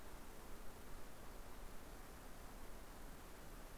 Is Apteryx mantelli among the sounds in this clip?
no